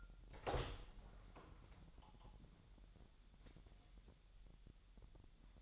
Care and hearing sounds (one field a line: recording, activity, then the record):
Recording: daily activity, microphone in the room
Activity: open door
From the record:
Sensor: 3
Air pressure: 1001.2 hPa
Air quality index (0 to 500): 249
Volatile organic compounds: 176 ppm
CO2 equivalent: 4128 ppm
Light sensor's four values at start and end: 12/28/12/11 and 11/26/10/10